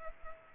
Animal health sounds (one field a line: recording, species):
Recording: mosquito wingbeat signal from an infrared sensor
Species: Culex pipiens